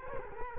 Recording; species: mosquito wingbeat signal from an infrared sensor; Culex quinquefasciatus